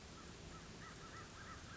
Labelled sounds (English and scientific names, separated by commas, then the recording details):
American Crow (Corvus brachyrhynchos)
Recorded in Sonoma County, California